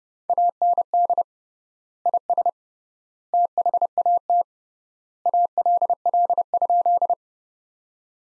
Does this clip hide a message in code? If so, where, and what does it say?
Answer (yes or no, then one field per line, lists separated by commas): yes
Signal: Morse code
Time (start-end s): 0.3-7.1 s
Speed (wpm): 32 wpm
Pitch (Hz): 700 Hz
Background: none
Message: AND IS THAT ALL?